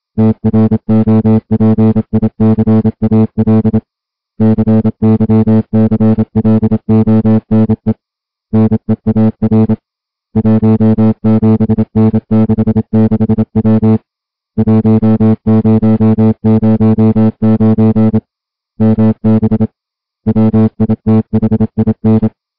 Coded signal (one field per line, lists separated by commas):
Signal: Morse code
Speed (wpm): 27 wpm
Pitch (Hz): 220 Hz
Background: music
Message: TROPICAL CYCLONE NEAR 17N66W 1009 MB WITHIN